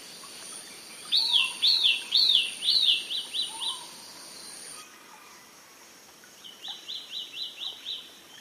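Broad-billed flycatcher giving two bursts of rapid, arched high notes, the first weakening toward its end, with a thin insect drone in the first half.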